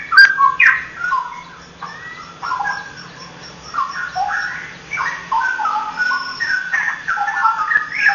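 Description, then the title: Oriental magpie-robin song of clear whistled notes, mostly falling slurs and short warbles, delivered in loose phrases with small pauses between. "Kicau Kacer"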